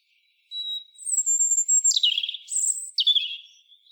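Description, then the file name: European robin singing a short phrase of thin, high whistled notes, some steady and drawn out, others sliding down sharply, with brief breaks between parts and no other sounds. "Erithacus rubecula"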